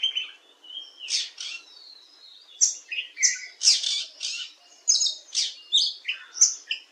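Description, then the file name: Oriental magpie-robin singing a lively string of loud, varied whistles and sharp chirps, delivered in rapid bursts with brief gaps between phrases. "Copsychus saularis"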